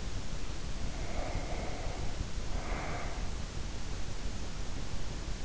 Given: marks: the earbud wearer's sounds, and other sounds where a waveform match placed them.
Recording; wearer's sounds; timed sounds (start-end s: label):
sounds in sleep by an in-ear microphone; breath
0.68-3.68 s: breath